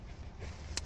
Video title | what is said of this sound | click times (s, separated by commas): Mazda CX-5 2.2 SKYACTIV-D Sport Nav Manual Diesel 27,677 Miles Machine Grey 1 Owner - LJ18 RZM | that one can raise the other one at the same time give it a bit of a shove and that locks in place | 0.8 s